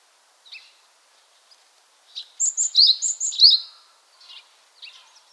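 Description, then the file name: Varied tit calls: a run of high, sharp notes with a rapid doubled chirping burst in the middle, set among scattered thin high notes; otherwise quiet. "Parus varius"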